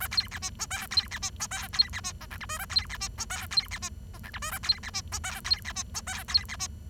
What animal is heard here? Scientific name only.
Lonchura striata domestica